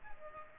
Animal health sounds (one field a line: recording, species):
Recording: mosquito wingbeat signal from an infrared sensor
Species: Aedes aegypti